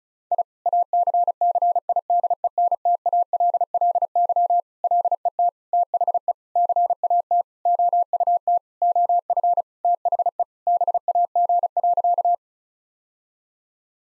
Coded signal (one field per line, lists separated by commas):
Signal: Morse code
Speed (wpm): 34 wpm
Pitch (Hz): 700 Hz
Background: none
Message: I ACCIDENTALLY LET THE CAT OUT OF THE BAG.